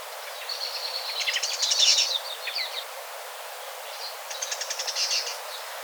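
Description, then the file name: Great tit calls, two bursts of buzzy, rapidly repeated high chirps, the first longer and louder, the second after a short pause, over a steady noisy background. "Parus major"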